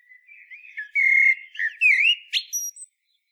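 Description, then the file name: Common blackbird delivering one rich whistled phrase that slides and wavers, closing with a sharp high squeaky twitter. "chant merle noir"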